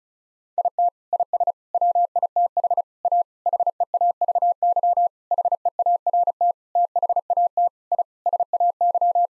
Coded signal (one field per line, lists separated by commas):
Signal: Morse code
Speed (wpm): 34 wpm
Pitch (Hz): 700 Hz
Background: none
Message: IT IS WITH A HEAVY HEART THAT I SAY